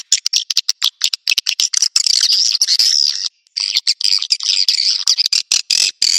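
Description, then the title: Swiftlet calls: bursts of sharp dry clicks, then long stretches of buzzy, high twittering chatter, with a short gap before more clicks and twitters. "Suara Burung Wallet"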